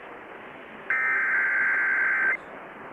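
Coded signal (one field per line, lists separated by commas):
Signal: Emergency Alert System (SAME) tones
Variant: header bursts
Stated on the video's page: Severe weather alerts received by DXing.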